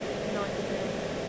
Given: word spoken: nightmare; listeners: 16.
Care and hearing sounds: one English word in noise, from a listening test; speech-shaped noise; -6.9 dB; 3 of 16; 6 of 16; 0.89 s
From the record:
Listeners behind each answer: 6, 3, 1, 1, 1, 1, 1, 1, 1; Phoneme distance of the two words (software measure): 14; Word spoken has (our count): 2 syllables, 5 phonemes, stress on syllable 1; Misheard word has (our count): 1 syllable, 3 phonemes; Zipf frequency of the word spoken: 4.41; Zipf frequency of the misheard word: 5.65

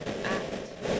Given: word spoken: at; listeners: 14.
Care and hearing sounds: one English word in noise, from a listening test; noise modulated by three-talker babble; -6.2 dB; 3 of 14; 9 of 14; 0.60 s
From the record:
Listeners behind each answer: 9, 3, 2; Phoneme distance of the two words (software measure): 7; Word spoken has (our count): 1 syllable, 2 phonemes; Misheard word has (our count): 1 syllable, 3 phonemes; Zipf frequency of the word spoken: 6.69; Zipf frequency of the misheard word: 4.99

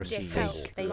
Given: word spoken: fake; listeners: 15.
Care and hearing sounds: one English word in noise, from a listening test; four-talker babble; 0.1 dB; 0 of 15; 7 of 15; 0.53 s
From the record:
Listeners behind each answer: 7, 1, 1, 1, 1, 1, 1, 1, 1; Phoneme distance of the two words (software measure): 44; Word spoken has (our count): 1 syllable, 3 phonemes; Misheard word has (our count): 2 syllables, 5 phonemes, stress on syllable 2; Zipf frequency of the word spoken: 4.51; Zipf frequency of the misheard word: 4.42

